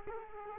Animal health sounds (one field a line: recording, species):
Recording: mosquito wingbeat signal from an infrared sensor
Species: Culex quinquefasciatus